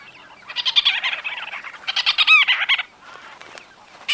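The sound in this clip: White-fronted bee-eater gives loud, dense rolling trills in two bursts, then a quiet pause before a final call.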